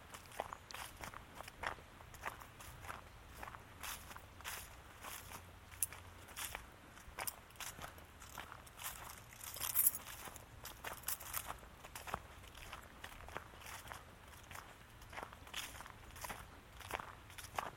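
Footsteps on a walk in Michaux State Forest, a steady crunching stride about two steps per second on dry ground that crackles with each footfall. Beneath the steps runs a low, constant rumble, and a quiet hiss fills the upper range throughout.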